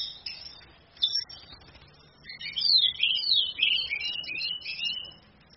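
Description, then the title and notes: Orange-headed thrush song: a fast run of sweeping, slurred whistles and chattering notes after a few scattered opening chirps. Female; training (masteran) song for other birds, charged using a phone screen. "ANIS KEMBANG BETINA CAS DENGAN LAYAR HP. Masteran Anis Kembang"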